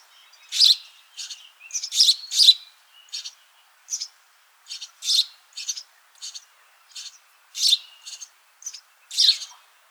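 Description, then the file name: House sparrow chirping in short, bright notes, given singly and in small clusters with irregular gaps throughout. "Passer domesticus"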